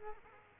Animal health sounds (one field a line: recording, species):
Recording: mosquito wingbeat signal from an infrared sensor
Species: Culex quinquefasciatus